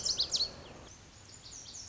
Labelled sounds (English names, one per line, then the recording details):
Lazuli Bunting
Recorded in Sonoma County, California